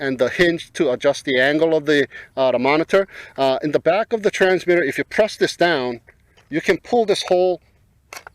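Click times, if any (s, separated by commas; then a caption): 8.1 s. Someone talks while pressing down the bracket latch on the back of the RC transmitter for a Cheerson CX-23 Brushless GPS 5.8GHz FPV quad and pulling the whole monitor off. A sharp click is heard at 8.1 s, followed by a fainter tick at 8.3 s, as the monitor bracket latch releases.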